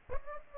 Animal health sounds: mosquito wingbeat signal from an infrared sensor; Aedes aegypti

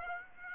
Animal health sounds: mosquito wingbeat signal from an infrared sensor; Aedes aegypti

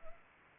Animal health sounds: mosquito wingbeat signal from an infrared sensor; Anopheles arabiensis

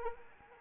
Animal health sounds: mosquito wingbeat signal from an infrared sensor; Anopheles arabiensis

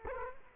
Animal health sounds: mosquito wingbeat signal from an infrared sensor; Culex quinquefasciatus

